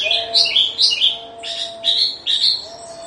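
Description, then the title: Horsfield's bush lark song, bright chirps and short warbled phrases in bursts, with pauses between groups of notes; a faint steady low hum underneath. Recorded in Situbondo, East Java, Indonesia. "Branjangan Javanica Ktp Situbondo Jatim"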